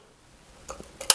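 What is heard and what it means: An attachment nozzle is pushed onto the barrel of a budget hair dryer, an easy clip-on design. A few soft plastic taps and scrapes come around 0.7, 0.8 and 1.0 s, then a sharp, loud click at 1.1 s as the nozzle snaps into place and is seated.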